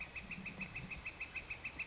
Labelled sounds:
Northern Flicker (Colaptes auratus)
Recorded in Sonoma County, California

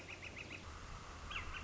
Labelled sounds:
Northern Flicker (Colaptes auratus)
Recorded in Sonoma County, California

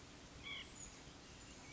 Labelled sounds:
White-breasted Nuthatch (Sitta carolinensis)
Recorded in Sonoma County, California

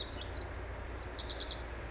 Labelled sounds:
Pacific Wren (Troglodytes pacificus)
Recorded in Sonoma County, California

